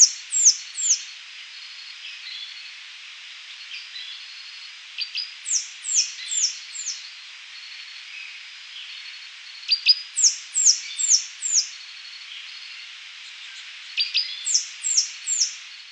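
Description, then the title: Saffron-billed sparrow singing very high, thin, falling notes in quick bursts of three to five, each burst separated by several seconds of quieter sound. "LuckyPassaro Completos2Sama. Saffron-billed Sparrow (Arremon flavirostris)"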